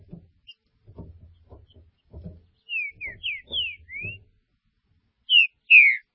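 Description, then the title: Green-winged saltator song: a few rich whistled notes, mostly falling slurs, in two short bursts, with low thumping and knocking noises beneath at the start. "Trinca Ferro"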